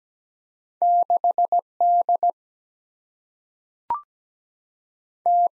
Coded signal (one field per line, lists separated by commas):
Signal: Morse code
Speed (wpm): 17 wpm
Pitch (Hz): 700 Hz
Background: none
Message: 6 D T